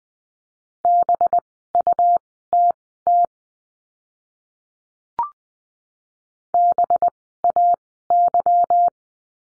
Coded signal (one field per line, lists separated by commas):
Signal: Morse code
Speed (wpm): 20 wpm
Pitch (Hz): 700 Hz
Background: none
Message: BUTT BAY